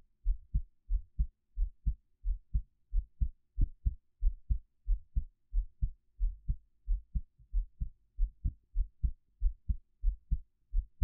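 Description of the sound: Steady, deep, muffled thumps come in lub-dub pairs at about 90 beats a minute, with a regular rhythm throughout. It is an adult's own heartbeat, picked up close with a 3Dio binaural microphone for ASMR relaxation listening, with no talking or other noise.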